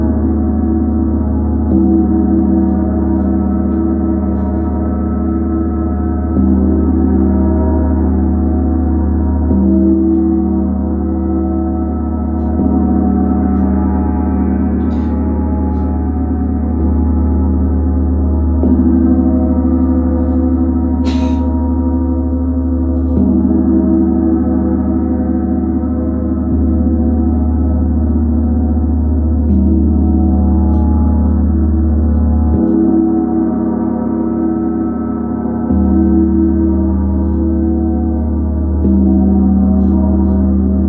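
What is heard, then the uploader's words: The Chiron Gong hums with a deep, sustained drone that shifts pitch in slow steps every few seconds, its low tones dense and layered. The sound stays steady in loudness throughout, with a brief bright shimmer around twenty-one seconds and a fainter one near fifteen. The sound of the Chiron Gong.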